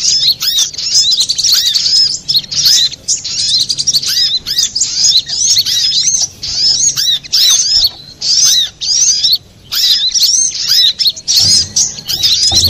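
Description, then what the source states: Little spiderhunter song in lively repeated bursts of high, squeaky, curling notes with short pauses, and a low knock near the end. Master recording for training cage birds; Indonesian name sogok ontong, labelled Labaik.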